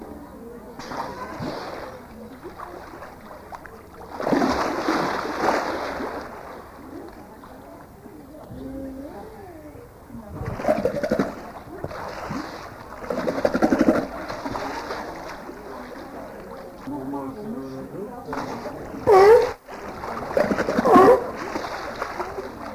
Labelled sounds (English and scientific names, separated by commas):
California Sea Lion (Zalophus californianus) call